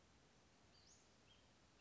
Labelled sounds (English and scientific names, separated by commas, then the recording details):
Western Flycatcher (Empidonax difficilis)
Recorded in Sonoma County, California